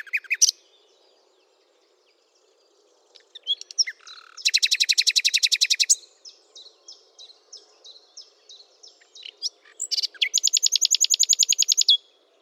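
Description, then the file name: Common nightingale singing loud rapid repeated trills separated by quieter series of soft notes and brief pauses. "Luscinia megarhynchos"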